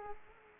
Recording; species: mosquito wingbeat signal from an infrared sensor; Culex quinquefasciatus